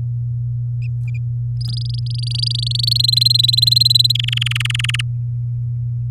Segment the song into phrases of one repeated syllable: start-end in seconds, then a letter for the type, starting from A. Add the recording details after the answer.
1.61-2.98 A, 2.99-4.12 B, 4.15-5.01 C. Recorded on 8 May 2018 at 11:51. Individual llb16